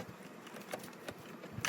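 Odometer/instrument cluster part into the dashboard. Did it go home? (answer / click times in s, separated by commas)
no / none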